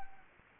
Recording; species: mosquito wingbeat signal from an infrared sensor; Anopheles gambiae